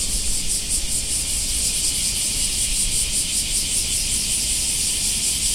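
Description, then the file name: Black cicada chorus, an intense sizzling buzz that pulses quickly and evenly, sustained throughout over a low background rumble. "black cicadas"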